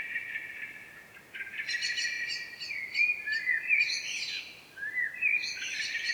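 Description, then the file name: Common blackbird song: mellow warbled notes around mid pitch, then thin squeaky twittering flourishes higher up, in several short phrases. "Turdus merula"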